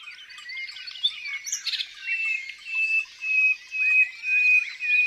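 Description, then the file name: Common nightingale song with rich whistled notes and short trills, ending in a series of pure, steady whistles repeated about every half second. Song in the countryside. "Rossignol philomele Chants doiseaux dans la campagne"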